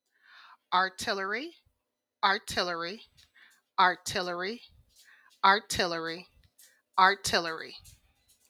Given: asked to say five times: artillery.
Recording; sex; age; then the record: repeated word; female; 30 to 39 years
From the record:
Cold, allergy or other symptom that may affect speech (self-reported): no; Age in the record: 37 years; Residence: Louisiana, United States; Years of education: 13